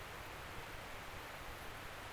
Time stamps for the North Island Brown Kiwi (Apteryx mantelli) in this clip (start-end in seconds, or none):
none